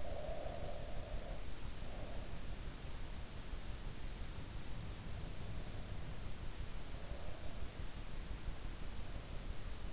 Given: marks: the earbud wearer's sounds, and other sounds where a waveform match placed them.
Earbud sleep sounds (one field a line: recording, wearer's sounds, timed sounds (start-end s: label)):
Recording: sounds in sleep by an in-ear microphone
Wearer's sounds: breath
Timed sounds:
0.00-2.62 s: breath